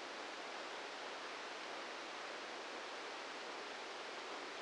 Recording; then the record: brain microelectrode recording played as sound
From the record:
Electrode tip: outside the subthalamic nucleus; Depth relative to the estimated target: 0 mm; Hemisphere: left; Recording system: NeuroSet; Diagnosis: Parkinson's disease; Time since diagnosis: 8 years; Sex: male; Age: 58 years